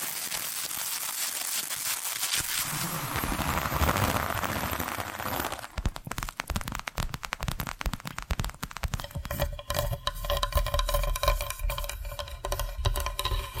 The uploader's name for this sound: Hypnotic Tapping & Scratching Sounds